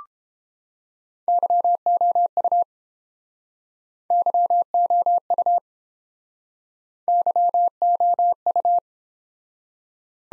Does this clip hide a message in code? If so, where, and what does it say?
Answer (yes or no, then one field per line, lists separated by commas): yes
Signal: Morse code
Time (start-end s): 1.3-8.8 s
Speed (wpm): 31 wpm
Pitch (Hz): 700 Hz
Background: none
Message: YOU YOU YOU